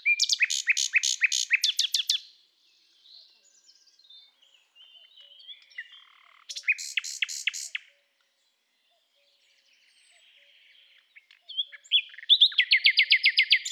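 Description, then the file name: Common nightingale song: three loud phrases of rapid, evenly repeated, harsh notes, each about two seconds long, separated by pauses with quieter twittering. "Luscinia megarhynchos"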